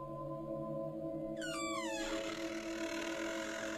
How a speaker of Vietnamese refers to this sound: Cánh cửa phòng nó rít lên những tiếng cọt kẹt cọt kẹt.